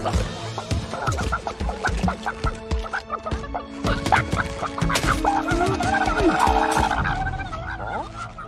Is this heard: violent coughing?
no